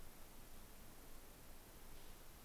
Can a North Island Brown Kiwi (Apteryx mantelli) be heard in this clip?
no